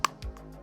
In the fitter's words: Clicks right in.